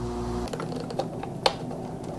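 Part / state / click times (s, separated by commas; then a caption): kill switch component into its mount on an RC truck / seated / 1.5 s. A plastic part of a Super Bee kill switch is pressed into its mount while being installed on a Losi 5ive-T 2.0 large-scale RC truck. A few faint ticks and handling noises come first, then one sharp, loud snap at 1.5 s as the part seats in place.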